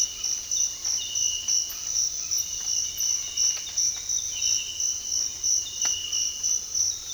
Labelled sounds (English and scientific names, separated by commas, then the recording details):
none
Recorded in secondary vegetation near Puerto Asís, Putumayo, Colombia, on 19 February 2024 at 06:30
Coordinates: 0.481, -76.323
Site G6376